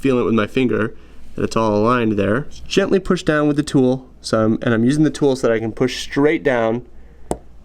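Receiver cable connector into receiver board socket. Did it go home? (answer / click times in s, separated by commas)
yes / 7.3 s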